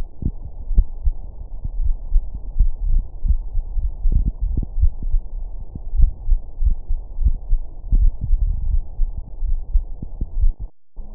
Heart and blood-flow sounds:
heart sounds
not marked
From the record:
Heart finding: coronary artery disease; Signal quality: poor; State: rest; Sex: male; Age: 86 years

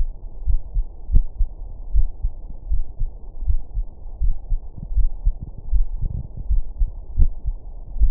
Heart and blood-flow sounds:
heart sounds
0.00	0.07	S2
0.07	0.43	diastole
0.43	0.56	S1
0.56	0.73	systole
0.73	0.83	S2
0.83	1.07	diastole
1.07	1.20	S1
1.20	1.38	systole
1.38	1.48	S2
1.48	1.95	diastole
1.95	2.05	S1
2.05	2.20	systole
2.20	2.32	S2
2.32	2.71	diastole
2.71	2.82	S1
2.82	2.99	systole
2.99	3.06	S2
3.06	3.41	diastole
3.41	3.54	S1
3.54	3.72	systole
3.72	3.85	S2
3.85	4.23	diastole
4.23	4.34	S1
4.34	4.48	systole
4.48	4.59	S2
4.59	4.93	diastole
4.93	5.07	S1
5.07	5.23	systole
5.23	5.33	S2
5.33	5.68	diastole
5.68	5.81	S1
5.81	5.99	systole
5.99	6.09	S2
6.09	6.49	diastole
6.49	6.62	S1
6.62	6.76	systole
6.76	6.92	S2
6.92	7.18	diastole
7.18	7.29	S1
7.29	7.41	systole
7.41	7.53	S2
7.53	7.96	diastole
7.96	8.09	S1
8.09	8.11	systole
From the record:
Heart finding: coronary artery disease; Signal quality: good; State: rest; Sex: female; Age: 77 years

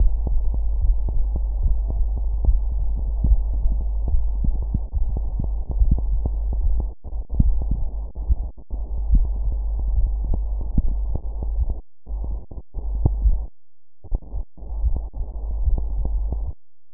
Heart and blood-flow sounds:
heart sounds
not marked
From the record:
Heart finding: coronary artery disease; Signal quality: poor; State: rest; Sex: female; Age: 50 years

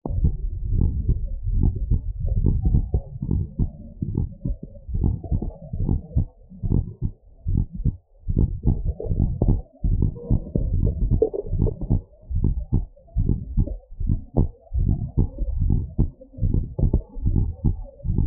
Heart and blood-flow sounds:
heart sounds
0.00	0.22	systole
0.22	0.34	S2
0.34	0.68	diastole
0.68	0.82	S1
0.82	1.08	systole
1.08	1.20	S2
1.20	1.48	diastole
1.48	1.62	S1
1.62	1.90	systole
1.90	2.00	S2
2.00	2.26	diastole
2.26	2.42	S1
2.42	2.66	systole
2.66	2.82	S2
2.82	3.20	diastole
3.20	3.30	S1
3.30	3.60	systole
3.60	3.70	S2
3.70	4.08	diastole
4.08	4.18	S1
4.18	4.50	systole
4.50	4.60	S2
4.60	4.96	diastole
4.96	5.12	S1
5.12	5.40	systole
5.40	5.48	S2
5.48	5.78	diastole
5.78	5.90	S1
5.90	6.16	systole
6.16	6.28	S2
6.28	6.68	diastole
6.68	6.82	S1
6.82	7.10	systole
7.10	7.16	S2
7.16	7.48	diastole
7.48	7.62	S1
7.62	7.86	systole
7.86	7.96	S2
7.96	8.30	diastole
8.30	8.42	S1
8.42	8.66	systole
8.66	8.78	S2
8.78	9.12	diastole
9.12	9.24	S1
9.24	9.46	systole
9.46	9.58	S2
9.58	9.88	diastole
9.88	10.02	S1
10.02	10.30	systole
10.30	10.40	S2
10.40	10.66	diastole
10.66	10.80	S1
10.80	11.10	systole
11.10	11.22	S2
11.22	11.52	diastole
11.52	11.64	S1
11.64	11.92	systole
11.92	12.02	S2
12.02	12.36	diastole
12.36	12.48	S1
12.48	12.74	systole
12.74	12.84	S2
12.84	13.18	diastole
13.18	13.30	S1
13.30	13.58	systole
13.58	13.68	S2
13.68	14.04	diastole
14.04	14.16	S1
14.16	14.38	systole
14.38	14.48	S2
14.48	14.76	diastole
14.76	14.90	S1
14.90	15.18	systole
15.18	15.28	S2
15.28	15.60	diastole
15.60	15.74	S1
15.74	16.00	systole
16.00	16.10	S2
16.10	16.42	diastole
16.42	16.52	S1
16.52	16.80	systole
16.80	16.92	S2
16.92	17.24	diastole
17.24	17.36	S1
17.36	17.66	systole
17.66	17.76	S2
17.76	18.10	diastole
18.10	18.24	S1
18.24	18.26	systole
From the record:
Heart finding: normal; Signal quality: good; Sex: female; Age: 55 years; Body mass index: 30.7

